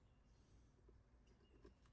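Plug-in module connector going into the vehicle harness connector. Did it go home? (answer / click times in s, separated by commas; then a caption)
no / none. The plug-in connector of an auto start-stop eliminator module for a 2024 Honda Pilot TrailSport is lined up with the vehicle's harness connector before being pushed in, since it only goes one way. Over a steady low hum, faint light handling sounds are heard, with small soft taps near 0.9 s and 1.7 s. Nothing has seated or clicked yet.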